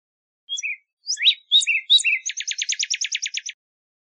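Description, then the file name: Northern cardinal song: a few whistled slurs and sharp upswept notes, then a fast even trill of many downslurred notes. Arizona. "NOCA 5 Deviche"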